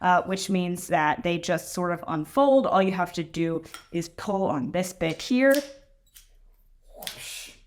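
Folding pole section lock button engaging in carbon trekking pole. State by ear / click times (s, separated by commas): not seated / none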